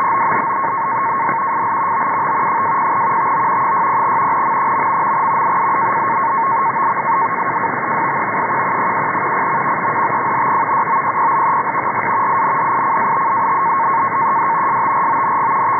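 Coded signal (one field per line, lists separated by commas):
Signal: NAVTEX (SITOR-B)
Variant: 100 baud FSK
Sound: continuous rapid warbling between two close tones around 1 kHz over hiss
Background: radio static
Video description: Here I am receiving and decoding a NAVTEX-SITORB message from the station in Norfolk, VA. I was tuned to 517 kHz Upper Sideband in order to capture the audio from the signal centered on 518 kHz.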